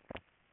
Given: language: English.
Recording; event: throat vibration sensor signal played as sound; swallow